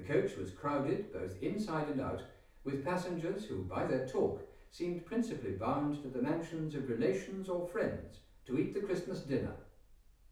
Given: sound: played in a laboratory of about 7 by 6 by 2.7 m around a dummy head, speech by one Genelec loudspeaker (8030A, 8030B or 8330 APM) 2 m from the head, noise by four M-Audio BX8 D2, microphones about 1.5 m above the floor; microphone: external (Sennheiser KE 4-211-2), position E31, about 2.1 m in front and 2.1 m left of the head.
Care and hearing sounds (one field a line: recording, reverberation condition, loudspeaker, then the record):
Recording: male speech in English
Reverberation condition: medium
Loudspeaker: 120 degrees to the right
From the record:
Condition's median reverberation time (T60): about 510 ms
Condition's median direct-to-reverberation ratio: about -0.5 dB